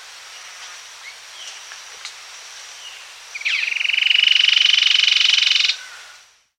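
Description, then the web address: Cherrie's antwren song: one fast, dry, even trill of high buzzy notes lasting about two and a half seconds, starting with a short rising lead-in, over faint background hiss. Recorded in South America. "Natures Songs S America Cherrie's Antwren"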